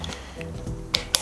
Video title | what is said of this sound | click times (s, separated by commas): How to adjust headset, Trek Madone carbon road bike, Part 3 Final. | that clicked right off of that good | 1.0 s, 1.2 s